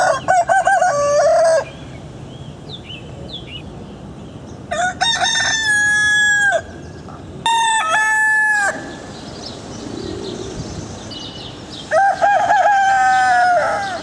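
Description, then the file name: Rooster crowing: four long, harmonic-rich crows over a steady low hiss. Male domestic chicken. "Gallo (Gallus gallus domesticus)"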